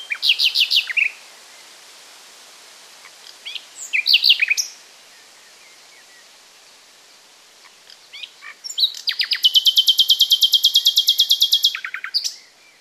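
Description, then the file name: Common nightingale song: short bursts of sharp notes, then a long, steady, rapidly repeated trill lasting about three seconds. "Luscinia megarhynchos"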